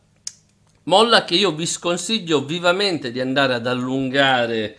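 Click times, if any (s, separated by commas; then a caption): 0.3 s. The integrated plastic spring of a Nerf Disruptor toy foam-dart blaster's piston is unhooked from the small guide that holds it, giving a sharp click at 0.3 s. The spring comes free of the piston guide, and someone then talks.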